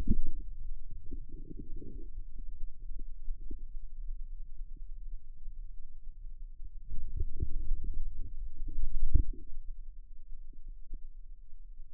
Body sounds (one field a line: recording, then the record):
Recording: forearm muscle sounds (acoustic myography)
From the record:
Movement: outward rotation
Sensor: system 2, bracelet of six BSWA MPA416 microphones around the upper forearm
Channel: 4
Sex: male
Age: 22 years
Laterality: right